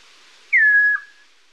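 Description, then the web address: Chestnut-crowned Antpitta giving a single clear whistle that starts high, drops quickly and then levels off, ending in a short lower tail. Recorded in Ecuador. "Birds of Ecuador. Chestnut-crowned Antpitta"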